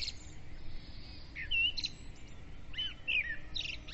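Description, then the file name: Birds giving quick chirps and short warbling phrases at irregular intervals, with a faint hum underneath. Dawn chorus of birds, recorded with a ZOOM recorder. "Madarak hajnali dicsérete"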